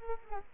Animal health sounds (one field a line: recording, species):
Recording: mosquito wingbeat signal from an infrared sensor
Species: Culex quinquefasciatus